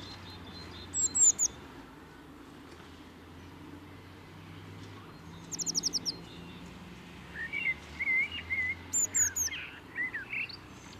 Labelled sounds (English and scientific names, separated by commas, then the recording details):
Eurasian Blue Tit (Cyanistes caeruleus)
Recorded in the wild
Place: Kaiserslautern, Rheinland-Pfalz, DE
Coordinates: 49.4247, 7.77889
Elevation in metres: 279
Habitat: garden
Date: 1978-05-20
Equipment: Nagra IV, Sennheiser MKH 405, Parabolreflektor
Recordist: Tretzel, Erwin